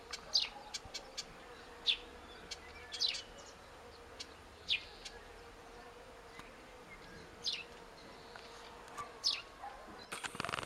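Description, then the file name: Eurasian blackcap uttering hard clicking tack notes, sometimes in quick pairs, irregularly repeated over a faint steady hum, ending in a sudden burst of noise. "Sylvia atricapilla"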